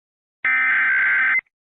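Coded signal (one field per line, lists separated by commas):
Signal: Emergency Alert System (SAME) tones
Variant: header bursts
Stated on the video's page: Mock EAS alert, simulated.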